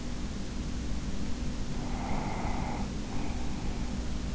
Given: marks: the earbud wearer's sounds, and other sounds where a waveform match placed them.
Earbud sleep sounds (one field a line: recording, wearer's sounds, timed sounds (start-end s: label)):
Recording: sounds in sleep by an in-ear microphone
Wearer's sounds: breath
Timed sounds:
1.28-3.96 s: breath